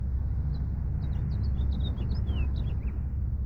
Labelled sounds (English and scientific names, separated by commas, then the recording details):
House Finch (Haemorhous mexicanus) song
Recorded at Breezy Point on Long Island, New York, on 4 June 1975
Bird B